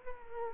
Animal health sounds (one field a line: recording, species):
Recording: mosquito wingbeat signal from an infrared sensor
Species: Culex quinquefasciatus